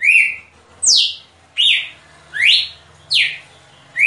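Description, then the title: Red-cowled cardinal giving loud, slurred whistles, most dropping steeply in pitch, repeated in a series. Female; described as the best piado (call note). "Canto Galo Campina Fêmea. Galo de Campina ( MELHOR PIADO )"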